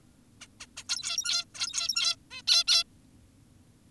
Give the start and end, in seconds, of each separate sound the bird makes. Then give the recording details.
0.41-0.47, 0.60-0.66, 0.77-0.84, 0.89-1.45, 1.55-2.16, 2.31-2.42, 2.48-2.64, 2.68-2.84. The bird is an adult. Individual g17y2U